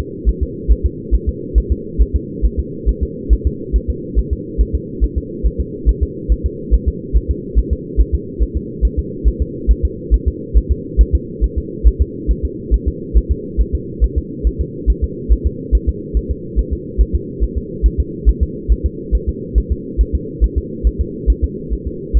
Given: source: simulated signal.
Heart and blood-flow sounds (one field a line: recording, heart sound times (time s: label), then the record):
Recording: fetal heart sounds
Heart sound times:
0.00 s: S2
0.29 s: S1
0.43 s: S2
0.72 s: S1
0.86 s: S2
1.15 s: S1
1.29 s: S2
1.58 s: S1
1.72 s: S2
2.02 s: S1
2.16 s: S2
2.45 s: S1
2.59 s: S2
2.89 s: S1
3.03 s: S2
3.33 s: S1
3.47 s: S2
3.76 s: S1
3.90 s: S2
4.19 s: S1
4.33 s: S2
4.61 s: S1
4.75 s: S2
5.04 s: S1
5.18 s: S2
5.46 s: S1
5.60 s: S2
5.89 s: S1
6.03 s: S2
6.32 s: S1
6.46 s: S2
6.74 s: S1
6.88 s: S2
7.17 s: S1
7.31 s: S2
7.59 s: S1
7.73 s: S2
8.00 s: S1
8.15 s: S2
8.43 s: S1
8.57 s: S2
8.85 s: S1
8.99 s: S2
9.28 s: S1
9.42 s: S2
9.71 s: S1
9.85 s: S2
10.14 s: S1
10.28 s: S2
10.57 s: S1
10.71 s: S2
11.01 s: S1
11.15 s: S2
11.44 s: S1
11.58 s: S2
11.88 s: S1
12.02 s: S2
12.31 s: S1
12.45 s: S2
12.74 s: S1
12.88 s: S2
13.17 s: S1
13.31 s: S2
13.61 s: S1
13.75 s: S2
14.04 s: S1
14.18 s: S2
14.47 s: S1
14.61 s: S2
14.90 s: S1
15.04 s: S2
15.32 s: S1
15.46 s: S2
15.75 s: S1
15.89 s: S2
16.17 s: S1
16.31 s: S2
16.59 s: S1
16.73 s: S2
17.01 s: S1
17.15 s: S2
17.43 s: S1
17.58 s: S2
17.86 s: S1
18.00 s: S2
18.29 s: S1
18.43 s: S2
18.72 s: S1
18.86 s: S2
19.15 s: S1
19.29 s: S2
19.58 s: S1
19.72 s: S2
20.01 s: S1
20.15 s: S2
20.44 s: S1
20.58 s: S2
20.87 s: S1
21.01 s: S2
21.30 s: S1
21.44 s: S2
21.73 s: S1
21.87 s: S2
22.17 s: S1
From the record:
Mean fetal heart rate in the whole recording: 140 bpm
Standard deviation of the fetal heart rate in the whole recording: 2 bpm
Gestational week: 34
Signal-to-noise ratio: -4.1 dB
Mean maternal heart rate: no maternal heart sound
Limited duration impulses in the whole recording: absent